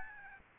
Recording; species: mosquito wingbeat signal from an infrared sensor; Aedes albopictus